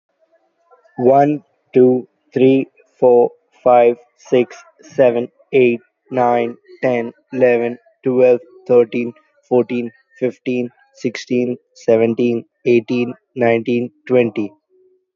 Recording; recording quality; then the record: counting at a normal pace; moderate, slight background noise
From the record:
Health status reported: healthy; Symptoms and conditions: none ticked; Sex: male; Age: 24 years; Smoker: yes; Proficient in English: yes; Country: India